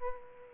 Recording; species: mosquito wingbeat signal from an infrared sensor; Aedes aegypti